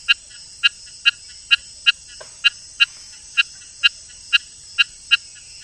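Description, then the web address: Rain frog producing many crisp repeated clicks against a continuous shrill insect chorus. Ecuadorian Amazon, South America. "Natures Songs. Frogs of Ecuadorian Amazon Eleutherodactylus sp"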